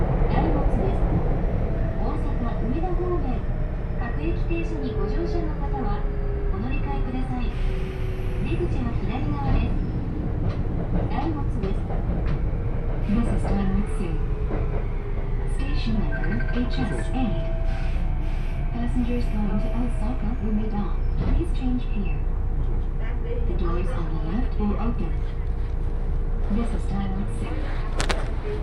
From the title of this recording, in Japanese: 鉄道旅 汐見橋→岸里玉出→なんば→大物